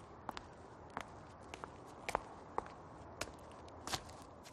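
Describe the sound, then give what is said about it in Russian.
Footsteps of a person walking along a street at an uneven pace, about a dozen sharp, crisp treads standing out over a steady low hiss of background noise. “Сделав несколько шагов, смотрит вперед.”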